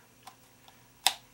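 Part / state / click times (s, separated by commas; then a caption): leather flap magnetic closure on a revolver cylinder case / seated / 1.1 s. A leather flap with a magnetic closure on a revolver cylinder case, part of a custom leather western drop loop rig for a 6 1/2" .22 Heritage Arms revolver, is brought down until its point meets the magnet. A few faint ticks come first, then a sharp, bright click at 1.1 s as the magnetic closure snaps shut, followed by one more soft tick. The flap is seated closed.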